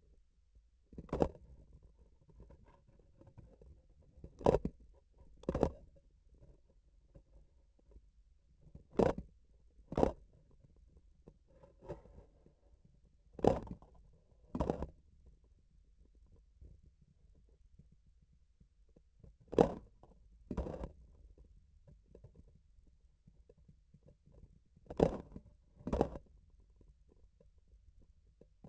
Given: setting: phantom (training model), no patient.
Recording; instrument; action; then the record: laparoscopic instrument, vibration sensor on the handle end; grasping forceps; opening and closing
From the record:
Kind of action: tool actuation without material contact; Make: other than Olympus